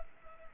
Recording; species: mosquito wingbeat signal from an infrared sensor; Culex pipiens